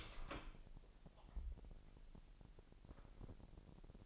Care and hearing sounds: daily activity, microphone in the room; open door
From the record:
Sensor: 5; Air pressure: 1001.3 hPa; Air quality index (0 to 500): 248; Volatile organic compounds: 35 ppm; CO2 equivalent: 3064 ppm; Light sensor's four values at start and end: 35/82/32/31 and 36/82/33/31

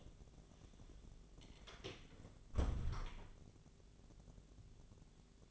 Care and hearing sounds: daily activity, microphone in the room; close door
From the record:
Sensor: 4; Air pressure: 1001.1 hPa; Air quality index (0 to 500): 181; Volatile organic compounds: 2 ppm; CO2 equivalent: 1298 ppm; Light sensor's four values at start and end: 15/35/14/15 and 16/38/15/16

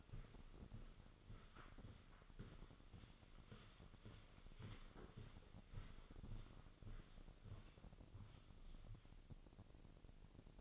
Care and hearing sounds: daily activity, microphone in the room; walk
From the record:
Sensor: 4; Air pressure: 1010.1 hPa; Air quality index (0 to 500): 172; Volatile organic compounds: 2 ppm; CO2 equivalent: 1247 ppm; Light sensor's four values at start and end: 51/126/53/58 and 51/125/52/57

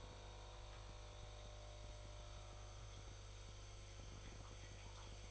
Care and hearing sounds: daily activity, microphone in the room; make coffee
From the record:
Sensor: 5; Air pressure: 1014.8 hPa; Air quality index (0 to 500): 200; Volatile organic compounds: 9 ppm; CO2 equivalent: 2130 ppm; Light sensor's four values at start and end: 17/40/15/14 and 17/40/15/14

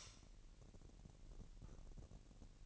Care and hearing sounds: daily activity, microphone in the room; light on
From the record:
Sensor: 4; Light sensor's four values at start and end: 6/14/6/6 and 6/14/6/6

